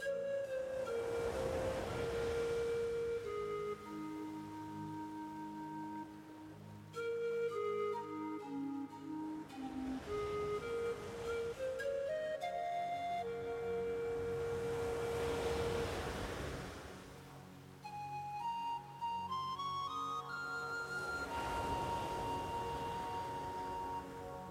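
A breathy pan flute plays a slow, wandering melody over a steady low drone, while soft wave swells rise and fall every few seconds.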